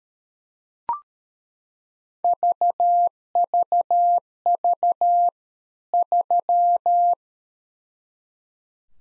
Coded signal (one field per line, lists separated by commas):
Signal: Morse code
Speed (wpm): 13 wpm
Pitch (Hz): 700 Hz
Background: none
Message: VVV 3